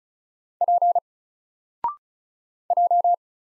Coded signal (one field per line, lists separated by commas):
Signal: Morse code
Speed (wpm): 36 wpm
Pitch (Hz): 700 Hz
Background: none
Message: P J